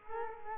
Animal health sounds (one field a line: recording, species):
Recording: mosquito wingbeat signal from an infrared sensor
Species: Culex quinquefasciatus